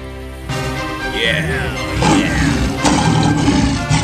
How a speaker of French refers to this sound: Le lion se mit à rugir très fort, essaya de s'échapper, mais les chasseurs attachèrent le filet.